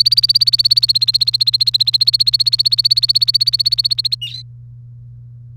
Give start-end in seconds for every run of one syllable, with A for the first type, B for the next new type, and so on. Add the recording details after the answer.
0.00-4.15 A, 4.21-4.42 B. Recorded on 1 May 2018 at 09:09. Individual llb3